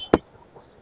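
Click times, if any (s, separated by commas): 0.1 s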